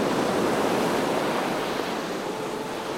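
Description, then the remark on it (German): A steady, broad roar of ocean surf washing onto a beach, a constant hissing rush that eases off slightly toward the end, with no voices. “Der Ozean ist wie ein Magnet.”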